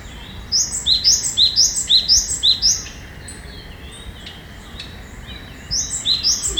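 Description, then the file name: Japanese tit singing high, ringing two-note phrases repeated several times in rapid rhythm, a pause, then the phrase series starts again. "sijukara"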